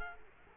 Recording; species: mosquito wingbeat signal from an infrared sensor; Culex quinquefasciatus